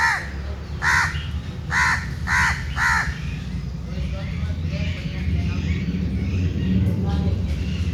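Bird calls: five loud, harsh caws in quick succession early on, then fainter calls over a constant low rumble.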